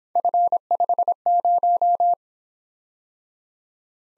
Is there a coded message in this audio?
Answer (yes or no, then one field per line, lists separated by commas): yes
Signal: Morse code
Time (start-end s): 0.2-2.1 s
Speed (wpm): 25 wpm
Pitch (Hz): 700 Hz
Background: none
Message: F50